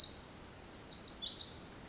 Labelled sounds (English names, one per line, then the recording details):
Pacific Wren
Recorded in Sonoma County, California